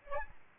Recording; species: mosquito wingbeat signal from an infrared sensor; Aedes albopictus